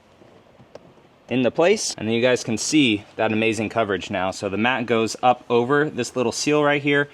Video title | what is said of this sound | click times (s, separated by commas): Surprising Interior Flaw in the 2025 6th Gen 4Runner! Lasfit Liners | sure that you get under the gas pedal, and then they just lock into place | 0.8 s